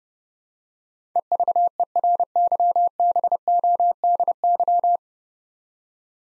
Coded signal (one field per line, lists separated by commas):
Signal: Morse code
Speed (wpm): 31 wpm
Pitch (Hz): 700 Hz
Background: none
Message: EVERYBODY